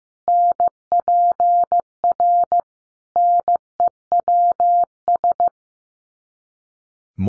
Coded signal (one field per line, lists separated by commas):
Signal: Morse code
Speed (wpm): 15 wpm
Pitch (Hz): 700 Hz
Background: none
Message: NPR NEWS